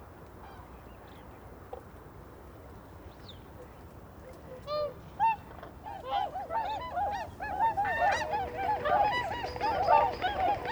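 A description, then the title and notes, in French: Common cranes wake over a low steady rumble, scattered calls beginning near five seconds and swelling into a dense chorus of overlapping trumpeting honks. Nomad zaxcom - 2xmkh8040. Voici l'éveil des Grues cendrées depuis une des digues du lac du DER dans la Marnes.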